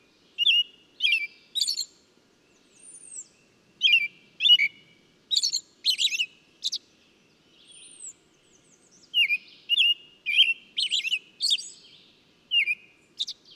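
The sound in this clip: Bird song of quick, scratchy high chirps in bursts, with thin, slurred whistles drifting down above them now and then.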